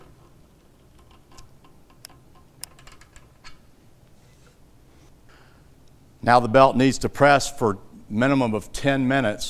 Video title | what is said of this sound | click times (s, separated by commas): Proper Polyamide Machine Tape Joining (Fixol/PT-300 Press) | and we just tighten it down until it clicks | 2.0 s, 2.6 s